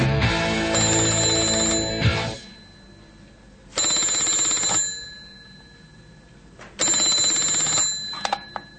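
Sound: telephone ringing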